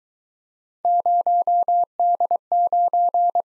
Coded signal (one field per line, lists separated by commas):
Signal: Morse code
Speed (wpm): 22 wpm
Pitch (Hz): 700 Hz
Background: none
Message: 0D9